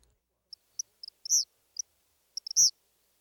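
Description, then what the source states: Eastern Kingbird song: high, thin, sputtering ticks broken by two louder accented notes, a stuttering spark-like pattern. Male; high-pitched song of variable notes like electrical sparks jumping between two wires, with a stuttered quality and punctuated accents.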